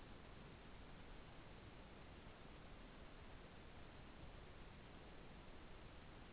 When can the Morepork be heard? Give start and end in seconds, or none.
none